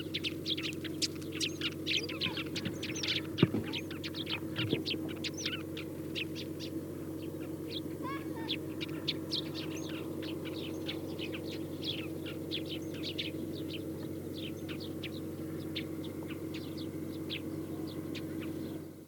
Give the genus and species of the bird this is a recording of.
Passer montanus